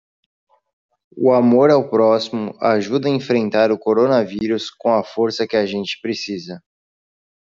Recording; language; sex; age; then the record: spoken sentence; Brazilian Portuguese; male; 30 to 39 years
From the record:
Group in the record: control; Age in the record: 31 years